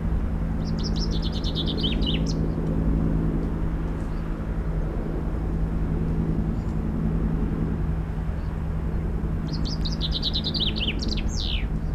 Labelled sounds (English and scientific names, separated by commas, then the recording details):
Common Chaffinch (Fringilla coelebs) song
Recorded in the wild
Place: Oberstdorf, Bayern, DE
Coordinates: 47.415, 10.2603
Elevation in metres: 889
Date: 1980-04-05
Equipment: Uher 4000 Report
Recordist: Tretzel, Erwin